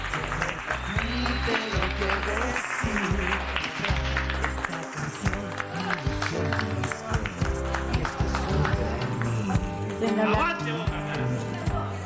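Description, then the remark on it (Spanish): A crowd applauds and cheers at Radio La Colifata (LT22), the radio of the Hospital Borda, as a press credential is handed over; dense steady clapping mixed with shouted voices, holding fairly loud and even for about twelve seconds. “¡Bravo! ¡Un aplauso! ¡Viva, viva! ¡Viva!”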